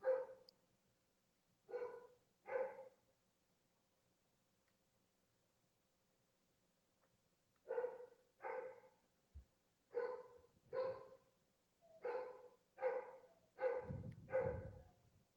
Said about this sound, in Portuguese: El perro ladra y el silencio es el primer impulso